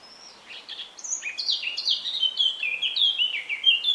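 Eurasian Blackcap singing a rapid, continuous warble of bright, slurred notes that jump up and down in pitch. The song carries through the whole short stretch.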